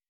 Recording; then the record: hydrophone in a shrimp aquaculture tank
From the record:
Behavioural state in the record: weakened